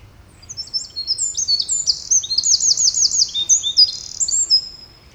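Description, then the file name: Eurasian wren song: a rapid, high-pitched cascade of sharp whistled notes and fast rattling trills, loud and continuous for about four seconds. "Troglodytes troglodytes"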